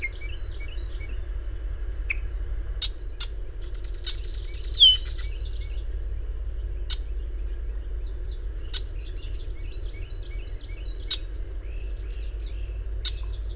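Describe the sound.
Bird chirps and twitters throughout, with one loud swooping note midway, several overlapping high calls, a constant low rumble and a few sharp ticks.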